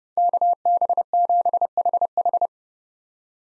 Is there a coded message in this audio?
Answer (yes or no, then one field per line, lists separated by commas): yes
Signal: Morse code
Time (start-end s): 0.2-2.5 s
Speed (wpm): 30 wpm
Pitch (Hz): 700 Hz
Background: none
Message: KB7HH